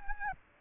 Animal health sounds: mosquito wingbeat signal from an infrared sensor; Aedes albopictus

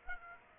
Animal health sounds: mosquito wingbeat signal from an infrared sensor; Aedes aegypti

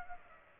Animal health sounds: mosquito wingbeat signal from an infrared sensor; Culex pipiens

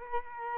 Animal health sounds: mosquito wingbeat signal from an infrared sensor; Culex quinquefasciatus

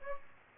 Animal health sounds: mosquito wingbeat signal from an infrared sensor; Aedes aegypti

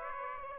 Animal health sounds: mosquito wingbeat signal from an infrared sensor; Aedes aegypti

